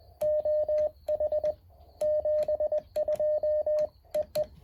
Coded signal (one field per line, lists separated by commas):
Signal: Morse code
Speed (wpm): 20 wpm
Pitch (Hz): 610 Hz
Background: radio noise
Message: OH 72 EE